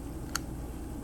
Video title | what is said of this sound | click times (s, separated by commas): Houston Cosmetic Dentist...Chipped teeth? Gaps? Yellow teeth? One cosmetic appliance can fix it all! | You can hear the snap. | 0.4 s